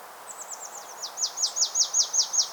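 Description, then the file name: Marsh tit giving a run of high, falling notes that begin soft and grow louder, repeated rapidly over a constant hiss. "Poecile palustris"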